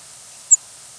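Cape May warbler call: a single very high, thin, short note, sharp and quick, in an otherwise quiet stretch with faint hiss.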